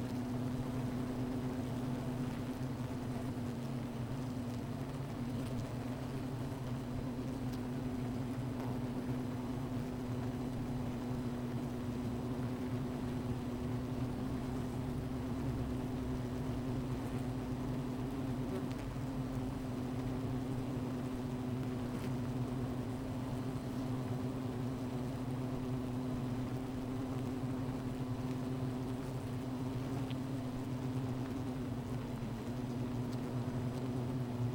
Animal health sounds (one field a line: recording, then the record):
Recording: honeybee colony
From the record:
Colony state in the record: missing queen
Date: 14 July 2017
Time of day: 15:12